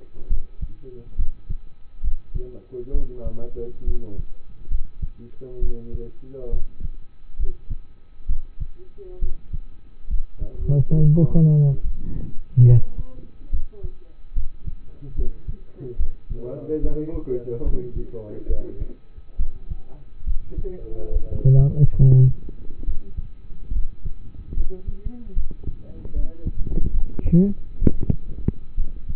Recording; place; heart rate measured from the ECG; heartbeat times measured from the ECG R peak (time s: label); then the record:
heart sounds by stethoscope; between the tricuspid and mitral areas; 70 bpm
0.28 s: heartbeat
1.16 s: heartbeat
2.01 s: heartbeat
2.92 s: heartbeat
3.85 s: heartbeat
4.69 s: heartbeat
5.60 s: heartbeat
6.50 s: heartbeat
7.37 s: heartbeat
8.27 s: heartbeat
9.20 s: heartbeat
10.08 s: heartbeat
10.95 s: heartbeat
11.82 s: heartbeat
12.65 s: heartbeat
13.50 s: heartbeat
14.34 s: heartbeat
15.15 s: heartbeat
15.97 s: heartbeat
16.81 s: heartbeat
17.63 s: heartbeat
18.47 s: heartbeat
19.37 s: heartbeat
20.24 s: heartbeat
21.11 s: heartbeat
21.96 s: heartbeat
22.85 s: heartbeat
23.73 s: heartbeat
24.54 s: heartbeat
25.34 s: heartbeat
26.13 s: heartbeat
26.91 s: heartbeat
27.79 s: heartbeat
28.75 s: heartbeat
From the record:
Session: rest, lying down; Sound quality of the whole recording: partially saturated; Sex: male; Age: 27 years